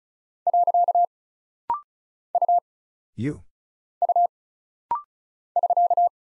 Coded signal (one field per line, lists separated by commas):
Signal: Morse code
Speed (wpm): 36 wpm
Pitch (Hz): 700 Hz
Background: none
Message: . U U <SK>